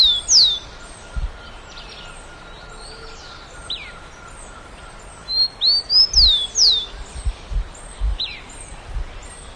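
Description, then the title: Bird song in high whistles, each note a quick upward or downward sweep, delivered in two bursts separated by quieter seconds and a faint steady tone. "LuckyPassaro Completos2Sama"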